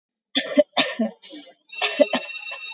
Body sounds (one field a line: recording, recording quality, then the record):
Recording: heavy voluntary cough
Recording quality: excellent, no background noise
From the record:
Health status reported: COVID-19 positive, moderate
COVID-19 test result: positive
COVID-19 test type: RT-PCR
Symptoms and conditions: cough, cold, sore throat, fever, muscle pain, loss of smell and taste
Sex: female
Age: 21 years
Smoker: no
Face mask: worn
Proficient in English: yes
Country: India